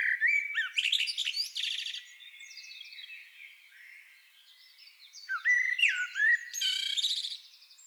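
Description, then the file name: Common blackbird song: two loud mellow whistled phrases, each ending in a burst of high scratchy twittering, with softer squeaks between them. "Turdus merula"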